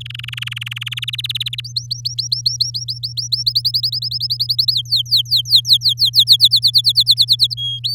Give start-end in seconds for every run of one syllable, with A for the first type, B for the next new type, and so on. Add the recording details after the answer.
0.00-1.10 A, 1.13-1.60 B, 1.64-3.43 C, 3.46-4.73 D, 4.73-6.37 E, 6.39-7.54 F, 7.57-7.79 G, 7.84-7.94 H. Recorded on 7 May 2018 at 14:23. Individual llb16